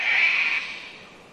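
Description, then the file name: Cockatoo screech, a loud harsh cry that cuts off and fades into quiet hiss. Cockatoos close by in rainforest in Queensland, Australia, early spring. "zapsplat nature rainforest ambience wind trees birds mainly cockatoos close by early spring qld australia"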